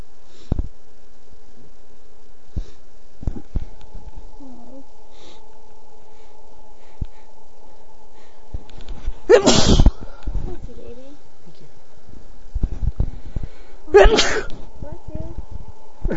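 Two sneezes from an adult male.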